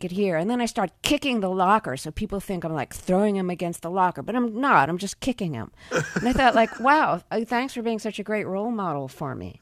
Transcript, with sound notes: and then I start kicking the locker so people think I'm, like, throwing him against the locker, but I'm not; I'm just kicking him.
(LAUGHTER)
And I thought, like, wow, thanks for being such a great role model for me.